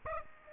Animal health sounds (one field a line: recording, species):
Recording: mosquito wingbeat signal from an infrared sensor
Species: Aedes aegypti